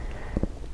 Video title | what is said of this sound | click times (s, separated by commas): Add a Fingerprint, Biometric Lock to Your Furniture | and then once you get the three batteries in then the the battery cover just snaps into place | 0.4 s